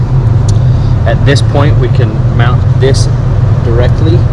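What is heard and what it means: A red plastic safety clip on a wiring connector for a Pulsar LT on a 2019–2021 GM 2.7L Turbo gas engine snaps into place at 0.5 s, after the outer connector shell has been slid down and clicked home. A steady low hum runs under the clip while someone talks, and the clip is seated and engaged.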